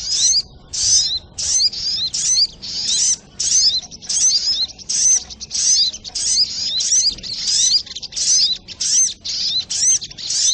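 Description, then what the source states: Little spiderhunter delivering a long run of shrill squeaky bursts, twittering and sweeping notes repeated rapidly with short silent gaps throughout. Training recording (masteran), labelled labaik.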